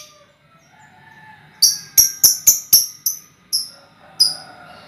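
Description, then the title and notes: Lovebird uttering a run of short, high, sharp chirps, about four per second at first and then slowing, over a faint low background hum. Ngekek song, used as a lure song (kicau pancingan). "Master Kicau Lovebird ngekek, kicau pancingan"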